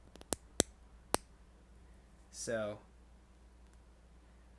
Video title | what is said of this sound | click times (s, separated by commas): Holy HotToys Dynamic Duo Review, Batman! 1966 Batman and Robin! | and you can you can kind of hear it click in | 0.3 s, 0.6 s, 1.1 s